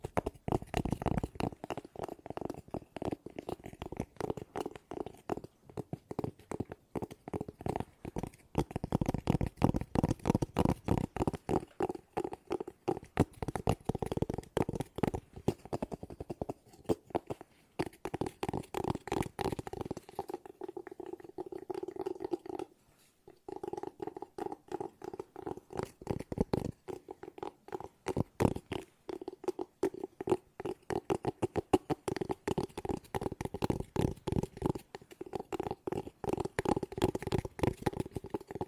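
Fast, continuous tapping runs through the whole recording, a dense stream of quick, sharp taps with a low, hollow body and some brighter clicks on top. The rhythm is steady and unbroken except for a brief pause around 23 seconds. No voice is heard.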